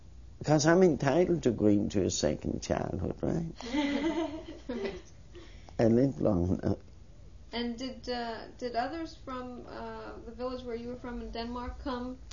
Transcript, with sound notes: Because I'm entitled to dream to a second childhood, right? (They laugh.) If I live long enough.
And did, uh, others from the village where you were from in Denmark come?